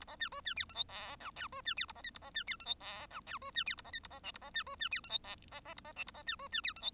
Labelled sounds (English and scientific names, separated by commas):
Bengalese Finch (Lonchura striata domestica) song